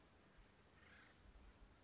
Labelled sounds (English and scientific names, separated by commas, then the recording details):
Acorn Woodpecker (Melanerpes formicivorus)
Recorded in Sonoma County, California